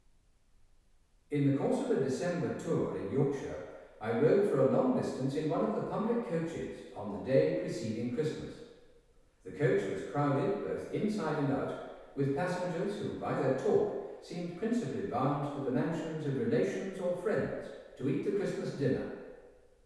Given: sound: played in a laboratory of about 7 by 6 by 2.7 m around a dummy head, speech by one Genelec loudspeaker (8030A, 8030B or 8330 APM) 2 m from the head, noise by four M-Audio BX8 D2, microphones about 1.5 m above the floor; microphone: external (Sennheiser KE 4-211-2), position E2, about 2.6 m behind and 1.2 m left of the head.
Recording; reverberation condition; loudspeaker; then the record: male speech in English; high; 60 degrees to the left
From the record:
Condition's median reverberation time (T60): about 1300 ms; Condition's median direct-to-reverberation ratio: about -4.0 dB